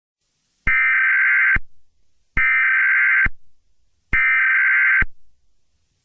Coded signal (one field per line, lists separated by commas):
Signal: Emergency Alert System (SAME) tones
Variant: header bursts